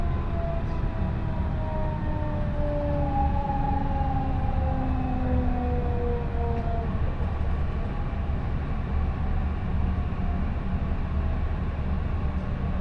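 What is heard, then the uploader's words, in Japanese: A train ride heard from inside the car, with a heavy, steady rumble of wheels and running gear filling the low end throughout. For the first seven seconds a motor whine glides gradually downward in pitch, then fades, leaving the constant rumble. 鉄道旅 中央西線 恵那→高蔵寺。315系電車が中央本線でデビューしたものの中々乗る機会が無かったのですが、ようやく当たりました。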